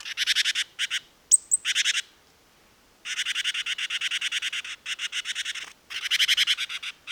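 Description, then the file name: Great tit giving harsh chattering calls in fast repeated bursts, with a couple of thin high whistled notes early on. "Parus major"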